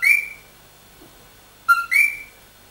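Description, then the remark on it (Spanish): A tiny Puerto Rican coqui frog, about 1.5 centimetres long, calls on its own: a short, high whistled note, then after a pause its two-part 'co-qui' call, a lower note followed by a louder, rising one. “Bueno, esta rana puertorriqueña... Que se llama Coqui. Escúchenla.”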